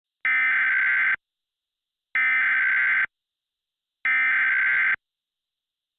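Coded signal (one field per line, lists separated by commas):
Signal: Emergency Alert System (SAME) tones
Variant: header bursts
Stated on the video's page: Simulated recreation of an Oregon AMBER Alert, not a real capture.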